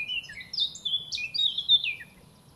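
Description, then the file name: Eurasian blackcap giving a quick, rich warble of sliding and twittering high notes, one continuous jumbled phrase lasting about two seconds. "Sylvia atricapilla"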